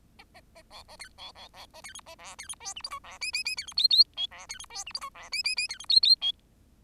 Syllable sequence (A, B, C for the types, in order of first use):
A A A B A C B B B A C D A E C D F G H I E J J J C D K K L E C D F G H I E J J J C D K K L